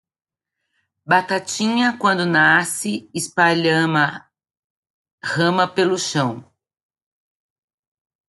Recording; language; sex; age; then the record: short text; Brazilian Portuguese; female; 50 to 59 years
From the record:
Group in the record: control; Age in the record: 53 years